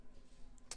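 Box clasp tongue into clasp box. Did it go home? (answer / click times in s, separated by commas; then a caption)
yes / 0.6 s, 0.7 s. A metal jewellery box clasp for a necklace or bracelet is squeezed and worked by hand, its tongue pushed into the clasp box. A small click at 0.6 s is followed by a louder, sharper click at 0.7 s as it seats securely, over a low background hum.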